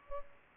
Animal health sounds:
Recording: mosquito wingbeat signal from an infrared sensor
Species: Culex pipiens

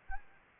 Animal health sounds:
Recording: mosquito wingbeat signal from an infrared sensor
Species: Anopheles gambiae

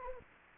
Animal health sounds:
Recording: mosquito wingbeat signal from an infrared sensor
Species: Anopheles arabiensis

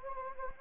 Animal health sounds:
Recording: mosquito wingbeat signal from an infrared sensor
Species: Anopheles gambiae

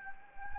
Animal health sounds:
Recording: mosquito wingbeat signal from an infrared sensor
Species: Anopheles gambiae

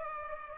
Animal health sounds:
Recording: mosquito wingbeat signal from an infrared sensor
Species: Culex pipiens

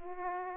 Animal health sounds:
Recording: mosquito wingbeat signal from an infrared sensor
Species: Aedes aegypti

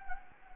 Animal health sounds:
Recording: mosquito wingbeat signal from an infrared sensor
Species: Anopheles gambiae

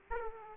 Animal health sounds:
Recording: mosquito wingbeat signal from an infrared sensor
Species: Aedes aegypti

